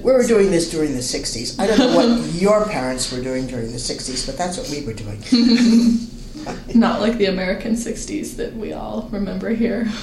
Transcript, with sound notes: We were doing this during the sixties, I don't know what your parents are doing during the sixties but that's what we were doing.
[laughs] Not like the American sixties that we remember here.